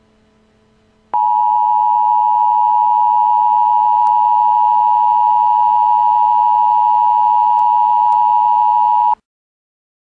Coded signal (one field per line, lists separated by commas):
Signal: Emergency Alert System (SAME) tones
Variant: 853 and 960 Hz attention tone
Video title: Emergency Alert System Tornado Warning Divide County, ND